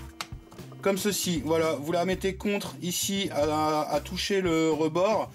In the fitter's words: on vient fixer notre pièce Le l'axe du bas vient se clipser ici on fixe notre pièce